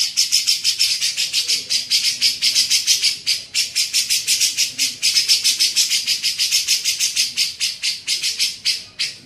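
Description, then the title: Grey-cheeked bulbul chattering almost continuously, a steady stream of rasping, buzzy pulses at roughly three per second. Masteran training recording used to tutor songbirds. "MASTERAN CUCAK JENGGOT"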